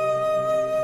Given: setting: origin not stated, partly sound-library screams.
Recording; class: one-second piece from a danger detection set; normal situation